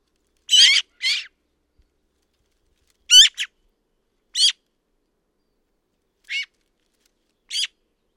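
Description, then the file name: Eurasian magpie harsh chattering calls: rasping, rattling bursts, first in two pairs, then single short squawks spaced one to two seconds apart, with silence between them. "Pica pica"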